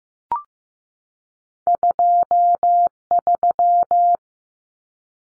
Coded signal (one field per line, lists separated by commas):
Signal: Morse code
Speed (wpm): 15 wpm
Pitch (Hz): 700 Hz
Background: none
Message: 23